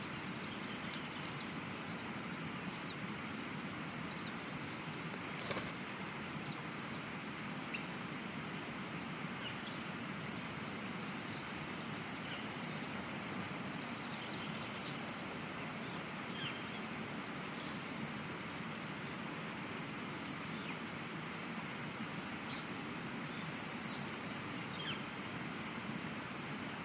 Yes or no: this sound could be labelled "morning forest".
yes